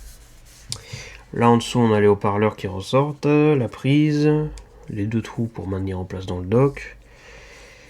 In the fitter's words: On voit que ça appuie un peu plus un peu plus serré dans les coins pour que ça fasse un petit clic.